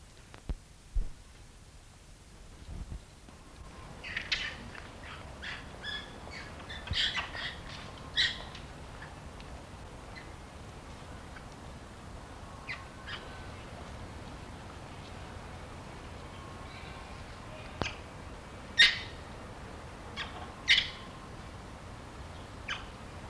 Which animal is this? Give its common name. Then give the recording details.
Barbary Macaque. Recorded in captivity. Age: adult. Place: Tiergarten Nürnberg, Bayern, DE. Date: 1993-09-14 17:11. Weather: 12 °C, bedeckt. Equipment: Marantz CP 430, Sennheiser MKH 416 T, Kopie Uher Variocord 263. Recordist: Tembrock, Günter. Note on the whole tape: Agonistisch